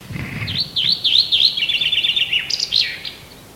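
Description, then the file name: Common chaffinch song: a rapid series of clear notes that steps downward through the phrase and ends in a brief, higher flourish. Soft low rumble at the start. "Fringilla coelebs"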